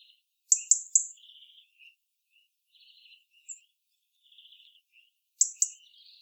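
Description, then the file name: European robin calls: sharp high ticks in triplets and pairs, separated by quiet, scratchy warbling notes. "Erithacus rubecula"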